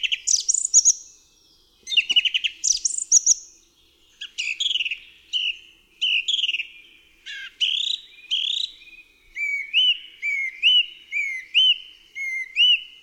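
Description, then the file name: Song thrush song with rattling, buzzy phrases, then a clear whistled motif repeated several times in a steady series toward the end. "DROZD SPIEWAK"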